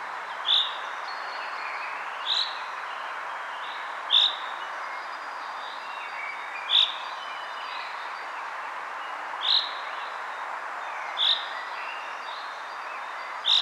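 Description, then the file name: Common chaffinch calls: a series of seven short, high chipped notes spaced roughly two seconds apart, over a continuous hissing background. "Fringilla coelebs"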